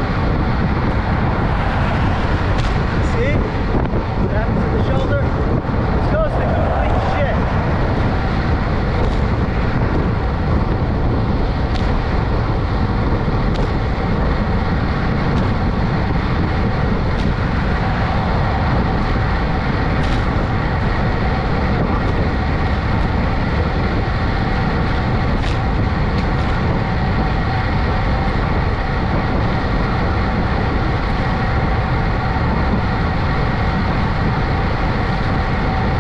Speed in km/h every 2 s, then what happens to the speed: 50, 48, 48, 48, 48, 48, 48, 48, 47, 47, 47, 45, 45, 45, 45, 44, 44, 44.
0-36 steady at about 47.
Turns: none.